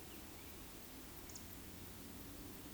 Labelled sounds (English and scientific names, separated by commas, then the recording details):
Eurasian Woodcock (Scolopax rusticola) whistle
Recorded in Baden-Württemberg, Germany, on 13 June 2021 at 19:56 UTC
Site 23718, 552 m above sea level